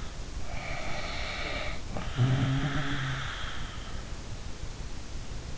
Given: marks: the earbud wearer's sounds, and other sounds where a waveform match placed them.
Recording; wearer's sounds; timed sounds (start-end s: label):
sounds in sleep by an in-ear microphone; snoring breath
0.50-3.62 s: snoring breath